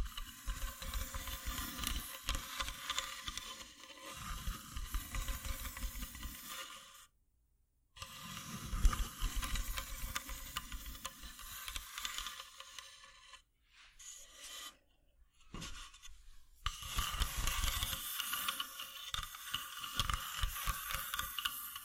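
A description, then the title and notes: Wooden ASMR triggers: dense, raspy scratching and hissing scrapes, with two brief silent gaps around seven and fifteen seconds. ASMR Wooden Triggers 1hour（No Talking）.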